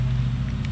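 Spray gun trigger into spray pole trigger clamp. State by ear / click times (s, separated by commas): not seated / none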